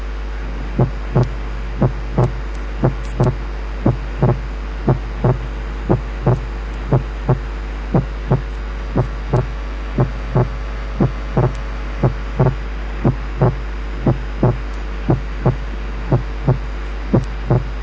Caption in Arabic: في الحالة اللي جاية صوت التنفس احنا شلناه عن طريق ساوند فلترز خاصة، ومسموع النورمال انسبيراتلي سبيتنج بتاع السكن ساوند لوحده. كان موجود بس during inspiration وده طبيعي.